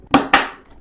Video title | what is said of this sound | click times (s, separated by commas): I Tested the Aeitto 1800W Blender - Ground Coffee, Ice Cream & Honest Review! | when you put the lid on, it snaps into place. | 0.1 s, 0.3 s